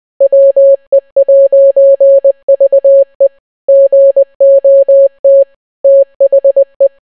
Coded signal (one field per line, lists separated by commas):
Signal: Morse code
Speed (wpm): 20 wpm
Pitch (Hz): 550 Hz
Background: none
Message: WE'VE GOT THE